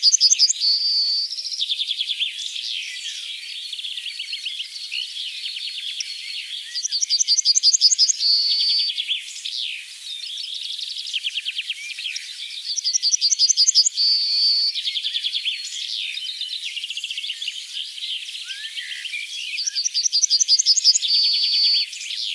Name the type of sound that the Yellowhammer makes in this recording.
song